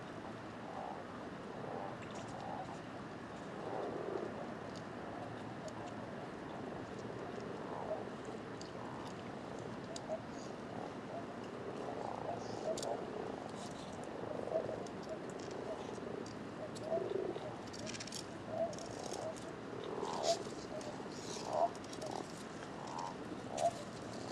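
A dense chorus of common toads and common frogs, with soft overlapping croaks and purring calls layered continuously through the clip. The calls sit low to mid in pitch, with small bright clicks and splashes scattered throughout.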